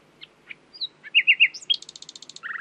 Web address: owen Common Nightingale (Luscinia megarhynchos)